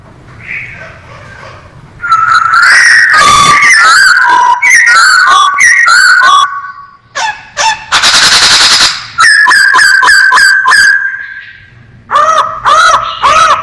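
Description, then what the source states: Masked laughingthrush giving loud, varied phrases: rapid repeated notes mixed with harsh, noisy bursts, a long chattering rattle, then more clipped notes after a short quiet gap. Singing actively (gacor).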